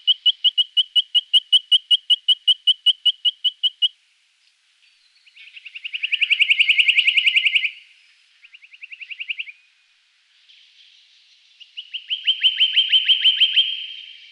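White-throated treecreeper calling: a steady run of high, rapid piping notes for about four seconds, then three rapid trills with pauses between them.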